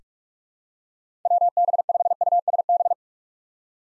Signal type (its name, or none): Morse code